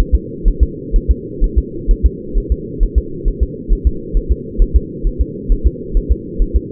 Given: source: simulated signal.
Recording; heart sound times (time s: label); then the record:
fetal heart sounds
0.00 s: S1
0.15 s: S2
0.48 s: S1
0.63 s: S2
0.96 s: S1
1.11 s: S2
1.44 s: S1
1.58 s: S2
1.91 s: S1
2.06 s: S2
2.38 s: S1
2.52 s: S2
2.83 s: S1
2.98 s: S2
3.28 s: S1
3.43 s: S2
3.73 s: S1
3.87 s: S2
4.17 s: S1
4.32 s: S2
4.62 s: S1
4.76 s: S2
5.07 s: S1
5.21 s: S2
5.52 s: S1
5.67 s: S2
5.97 s: S1
6.12 s: S2
6.42 s: S1
6.56 s: S2
From the record:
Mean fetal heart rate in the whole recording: 130 bpm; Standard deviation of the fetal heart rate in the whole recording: 4 bpm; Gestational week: 38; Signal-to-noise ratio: -4.3 dB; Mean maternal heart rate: 72 bpm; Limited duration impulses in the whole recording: present